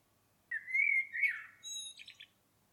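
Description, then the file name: Common blackbird singing one phrase: a long, level fluted whistle that wavers, then a burst of squeaky, rattling high notes. "Turdus merula"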